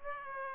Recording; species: mosquito wingbeat signal from an infrared sensor; Aedes aegypti